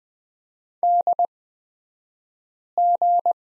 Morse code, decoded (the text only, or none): DG